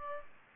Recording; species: mosquito wingbeat signal from an infrared sensor; Aedes aegypti